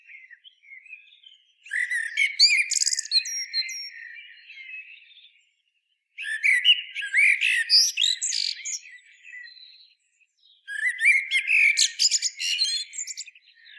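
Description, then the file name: Common blackbird singing three separate phrases starting about four and a half seconds apart, each mixing mellow warbled notes with bursts of high, squeaky twittering. "Turdus merula"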